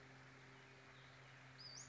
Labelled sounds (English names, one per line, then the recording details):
Western Flycatcher
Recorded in Sonoma County, California